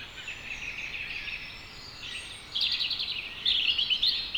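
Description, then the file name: European robin singing a run of thin, high, warbling phrases that brighten and grow louder halfway through, over a steady low hiss. "Erithacus rubecula"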